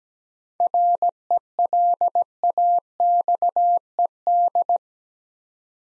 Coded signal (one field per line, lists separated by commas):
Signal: Morse code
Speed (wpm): 17 wpm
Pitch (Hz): 700 Hz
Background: none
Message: RELAXED